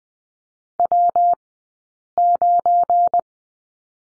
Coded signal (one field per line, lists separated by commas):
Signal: Morse code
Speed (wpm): 20 wpm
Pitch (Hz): 700 Hz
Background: none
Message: W9